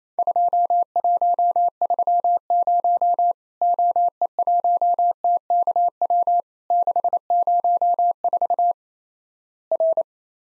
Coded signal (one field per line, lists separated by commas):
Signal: Morse code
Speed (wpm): 28 wpm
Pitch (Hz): 700 Hz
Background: none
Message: 2130 OE1TKW 604 R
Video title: Worked All Europe DX Contest QTC Exchange 28wpm